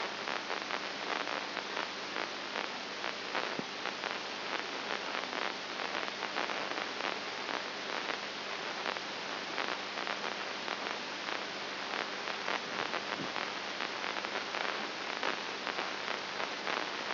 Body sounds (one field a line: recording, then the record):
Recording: brain microelectrode recording played as sound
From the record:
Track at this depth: inside the subthalamic nucleus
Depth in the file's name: 5.9 mm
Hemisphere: right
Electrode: 2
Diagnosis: Parkinson's disease